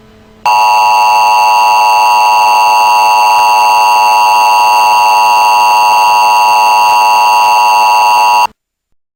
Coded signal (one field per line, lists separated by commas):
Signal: Emergency Alert System (SAME) tones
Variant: 853 and 960 Hz attention tone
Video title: Emergency Alert System Zombie Attack